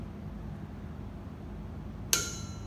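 A torque wrench set to 24–25 ft-lb tightens the pressure relief fitting on an Ansul CV-98 Inergen high-pressure suppression cylinder valve. After about two seconds of low background hum, the wrench gives a sharp metallic click at 2.1 s that rings briefly. The fitting reaches its torque setting.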